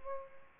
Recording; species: mosquito wingbeat signal from an infrared sensor; Aedes aegypti